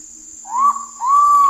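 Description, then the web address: Ivory-breasted pitta single double-noted call: a rising whistle then a sustained, slightly falling whistle, with high insect buzzing throughout. In Indonesia. "ULM-DS-Lab indonesian-bird-sounds. Pitta maxima"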